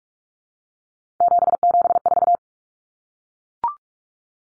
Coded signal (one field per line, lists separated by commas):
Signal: Morse code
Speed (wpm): 44 wpm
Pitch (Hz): 700 Hz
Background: none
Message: 774